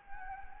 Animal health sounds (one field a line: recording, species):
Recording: mosquito wingbeat signal from an infrared sensor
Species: Anopheles gambiae